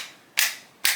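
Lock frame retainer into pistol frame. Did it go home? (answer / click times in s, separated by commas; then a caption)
yes / 0.8 s. The stiff-fitting steel lock frame retainer of a C96 Mauser Broomhandle-style pistol is tapped forward into the pistol frame with a handle, because the gun's parts do not fit well together. Two sharp, bright metallic taps are heard, at about 0.4 s and 0.9 s. At 0.9 s the retainer seats and locks into place, and its button pops down.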